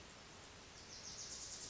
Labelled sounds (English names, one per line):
Wilson's Warbler